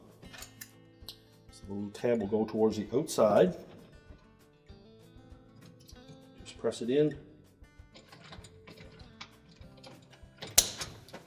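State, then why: Seated. A plastic rack stop is pressed onto the end of a dishwasher's upper rack rail, tab facing outward, while someone talks over background music. A few faint ticks lead up to one sharp, loud snap at 10.6 s as the rack stop seats into place.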